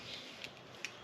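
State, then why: Seated. A bayonet bulb is twisted into the metal socket of a rusty turn signal being refurbished on a Yamaha DT400C motorcycle. After a faint tick at 0.4 s, a sharper small click at 0.9 s marks the bulb's bayonet pins catching on a further twist. The bulb is locked in and seated.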